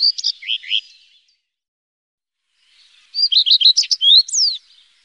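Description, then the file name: Common redstart song phrases: a short jumbled twitter, a pause of about two seconds, then a longer burst of quick varied notes with a final sweeping whistle. "Rodstjart"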